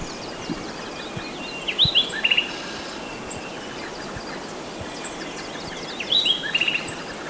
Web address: Natures Songs S America Birds of Ecuador Bar-winged Wood-Wren